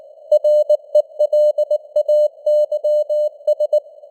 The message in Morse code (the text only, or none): RELAYS